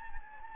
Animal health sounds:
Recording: mosquito wingbeat signal from an infrared sensor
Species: Anopheles gambiae

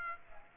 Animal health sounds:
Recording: mosquito wingbeat signal from an infrared sensor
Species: Aedes aegypti

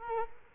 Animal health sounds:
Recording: mosquito wingbeat signal from an infrared sensor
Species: Culex quinquefasciatus

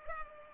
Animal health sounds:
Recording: mosquito wingbeat signal from an infrared sensor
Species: Culex pipiens

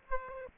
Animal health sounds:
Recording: mosquito wingbeat signal from an infrared sensor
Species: Aedes aegypti

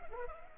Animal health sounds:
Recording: mosquito wingbeat signal from an infrared sensor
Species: Culex pipiens

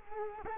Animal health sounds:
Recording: mosquito wingbeat signal from an infrared sensor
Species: Culex quinquefasciatus

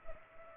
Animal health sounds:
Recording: mosquito wingbeat signal from an infrared sensor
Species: Culex pipiens

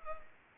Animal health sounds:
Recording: mosquito wingbeat signal from an infrared sensor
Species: Culex pipiens

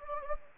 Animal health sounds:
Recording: mosquito wingbeat signal from an infrared sensor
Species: Anopheles gambiae

